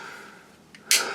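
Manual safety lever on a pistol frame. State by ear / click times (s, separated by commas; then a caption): seated / 0.9 s. The manual safety lever on a KOR FX-9 RP polymer-frame pistol is flipped, with a faint tick at about 0.8 s before it snaps firmly into its detent with a sharp, bright click at 0.9 s. The lever seats in position with a definite, positive click.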